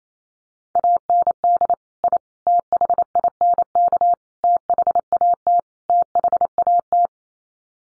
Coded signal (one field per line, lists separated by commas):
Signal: Morse code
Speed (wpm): 28 wpm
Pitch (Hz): 700 Hz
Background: none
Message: AND I THINK THAT THAT